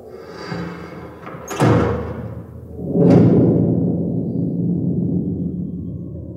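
A heavy house gate swings shut on a stormy night with two loud, booming slams a moment apart, each followed by a low rumbling resonance that slowly fades away.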